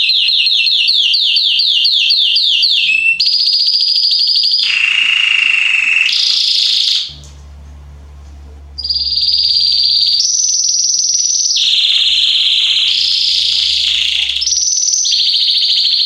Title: Esquente Seu Filhote E Canario Belga Em 30 Minutos Macho Cantando Muito. Esquente seu canrio belga em 30 minutos - Canrio Belga estourado